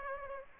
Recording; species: mosquito wingbeat signal from an infrared sensor; Aedes aegypti